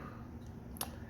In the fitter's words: now the head on this piece clicks into place while the sun Streaker version does not